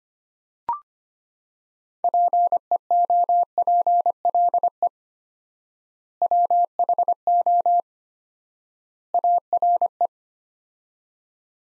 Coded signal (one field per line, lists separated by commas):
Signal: Morse code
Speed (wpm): 25 wpm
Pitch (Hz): 700 Hz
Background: none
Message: PEOPLE WHO ARE